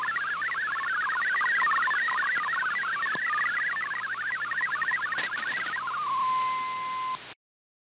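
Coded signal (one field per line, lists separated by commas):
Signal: multi-tone FSK (Olivia or MFSK type)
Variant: MFSK64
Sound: fast burbling tone hopping between pitches for six seconds, then a steady tone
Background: radio static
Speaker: once all the text is received we'll want to copy everything between the line with doc type html at its beginning and the line with slash html at its end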